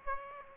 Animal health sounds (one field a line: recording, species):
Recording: mosquito wingbeat signal from an infrared sensor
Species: Aedes aegypti